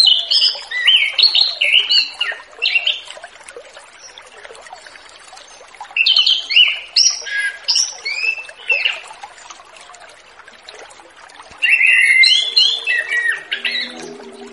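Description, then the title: Orange-headed thrush song in bursts of rich, varied whistled and fluty phrases, pausing a few seconds between bouts. Relaxed, open-flowing song style (ngeplong santai), used as a lure recording to attract free-flying wild birds. "Anis Kembang Ngeplong Santai , Untuk Pancingan Anis Kembang Lepas"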